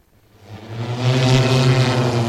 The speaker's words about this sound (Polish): 100 km na godzinę. Z taką maksymalną prędkością między szczytami Gorców przemieszczał się dron pasażerski testowany przez goprowców. Urządzenia zasilane są bateriami. Przy wadze pilota około 90 kg czas lotu to maksymalnie 20 minut.